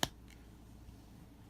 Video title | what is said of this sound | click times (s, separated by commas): Hot Wheels Star Wars X-Wing Red 3 (Closed Wings) | like most Hot Wheels ships it comes with a cool translucent stand take it into port like so hear that click and you're | 0.0 s